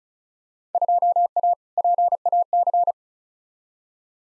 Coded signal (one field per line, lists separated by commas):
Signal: Morse code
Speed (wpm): 36 wpm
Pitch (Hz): 700 Hz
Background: none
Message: 2A PAC